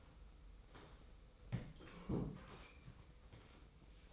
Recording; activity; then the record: daily activity, microphone in the room; sit down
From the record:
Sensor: 1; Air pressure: 990.6 hPa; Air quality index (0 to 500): 155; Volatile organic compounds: 1000 ppm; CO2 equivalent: 5638 ppm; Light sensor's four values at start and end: 26/61/26/28 and 26/61/26/29